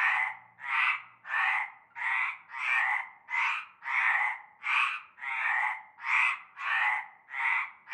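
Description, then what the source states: Frog: repeated rough croaks from frogs, many in a fairly regular rhythm, each a short rasping burst, background otherwise quiet. Frog chorus starting at nightfall in a large concrete basin with stagnant greenish water, Avenue Cante Coucou, Groupède, La Ciotat, Bouches-du-Rhône, Provence, France.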